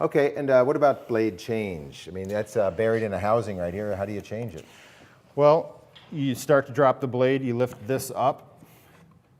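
Someone talks while the blade of a Festool TS 55 EQ plunge-cut track circular saw is plunged down and its blade-change lock lever is lifted to lock it and reach the arbor for a blade change. Only faint handling sounds are heard under the talk, and the lever has not yet locked or clicked into place.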